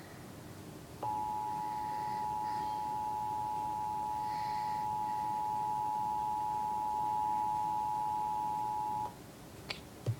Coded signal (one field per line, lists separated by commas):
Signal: Emergency Alert System (SAME) tones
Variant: 853 and 960 Hz attention tone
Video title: EAS - Required Monthly Test #5